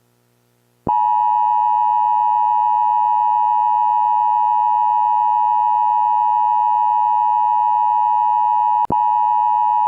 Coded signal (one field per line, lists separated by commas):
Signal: Emergency Alert System (SAME) tones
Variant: 853 and 960 Hz attention tone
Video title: noaacow's eas for the summer